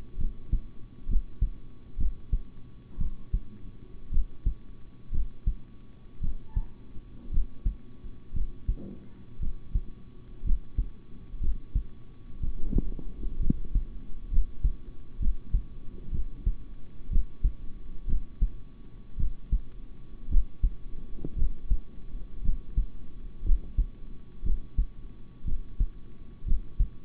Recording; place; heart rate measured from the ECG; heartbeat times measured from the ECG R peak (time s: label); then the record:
heart sounds by stethoscope; between the tricuspid and mitral areas; 59 bpm
0.17 s: heartbeat
1.07 s: heartbeat
1.97 s: heartbeat
2.98 s: heartbeat
4.11 s: heartbeat
5.11 s: heartbeat
6.20 s: heartbeat
7.31 s: heartbeat
8.33 s: heartbeat
9.39 s: heartbeat
10.43 s: heartbeat
11.40 s: heartbeat
12.40 s: heartbeat
13.39 s: heartbeat
14.30 s: heartbeat
15.19 s: heartbeat
16.11 s: heartbeat
17.09 s: heartbeat
18.06 s: heartbeat
19.17 s: heartbeat
20.29 s: heartbeat
21.35 s: heartbeat
22.42 s: heartbeat
23.43 s: heartbeat
24.43 s: heartbeat
25.44 s: heartbeat
26.45 s: heartbeat
From the record:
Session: rest, sitting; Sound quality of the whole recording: good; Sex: male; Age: 26 years